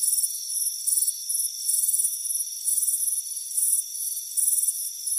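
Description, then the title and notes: Crickets give rapid high chirping bursts, a few each second, above constant shrill insect tones. Crickets chirping on a warm afternoon by a front porch. "Soothing Crickets Chirping Sound. It's a warm afternoon as you relax in a hammock on the front porch. Relax and fall asleep to the soothing sound of chirping crickets. Deep Sleep Sounds"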